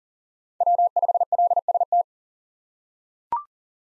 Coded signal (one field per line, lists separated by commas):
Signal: Morse code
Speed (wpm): 40 wpm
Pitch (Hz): 700 Hz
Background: none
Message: W5LST